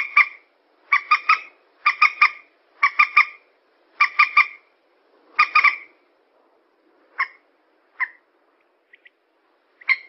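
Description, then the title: Yellow-vented bulbul calls, several chortling phrases of a few notes each, followed by scattered single notes and faint clicks. Bird lure recording. "PIKAT TRUCUKAN"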